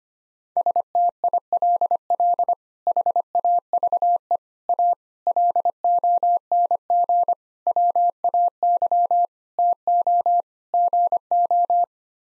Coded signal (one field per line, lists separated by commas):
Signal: Morse code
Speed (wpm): 25 wpm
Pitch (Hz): 700 Hz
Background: none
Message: STILL HAVE A LONG WAY TO GO